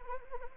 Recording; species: mosquito wingbeat signal from an infrared sensor; Anopheles arabiensis